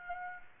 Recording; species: mosquito wingbeat signal from an infrared sensor; Aedes aegypti